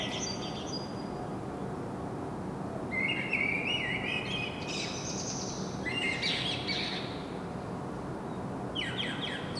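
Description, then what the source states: Common blackbird song phrase: a fluting warble followed by scratchy high twittering, with a faint earlier phrase and another twitter at the end, over persistent low background noise. Singing, recorded in Saint-Gilles, Belgium, with a Sony PCM-M10 internal microphone.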